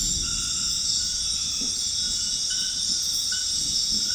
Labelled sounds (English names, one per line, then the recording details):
none
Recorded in dense forest near Puerto Asís, Putumayo, Colombia, on 13 March 2025 at 22:00
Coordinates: 0.484, -76.325
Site G045